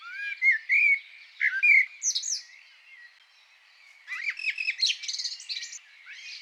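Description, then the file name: Common blackbird singing warbled whistles, then after a pause a busy, high, scratchy twittering phrase. "Turdus merula"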